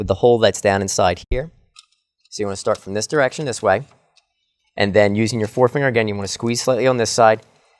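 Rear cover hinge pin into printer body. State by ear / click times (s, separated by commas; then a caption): not seated / none. Someone talks while the plastic rear cover of an HP P4015 printer is reattached, starting on the right-hand side with its hinge pin lined up with the hole inside the printer body and the cover squeezed slightly on one side with a forefinger. Nothing has seated or clicked yet; the cover has not snapped into place.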